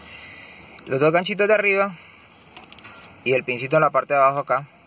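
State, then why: Not seated. A car's heater control unit, held by plastic clips, is being fitted into its dashboard mount, upper hooks first and then the lower part, so the control won't sit loose. Someone talks, with a few brief handling knocks around 2.6 to 2.9 seconds between the speech. Nothing has seated or clicked yet.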